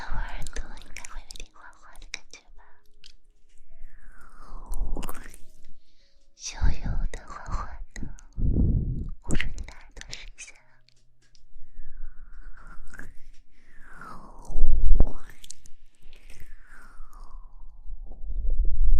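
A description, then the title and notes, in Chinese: Wet squelching of aloe gel worked against the ears, mixed with muffled pressing and covering sounds. Sticky crackles and gliding squeaks come in bursts every second or two, with brief quiet gaps near 6 and 11 seconds over a faint low hum. 潜水捂耳朵 呼吸 芦荟胶。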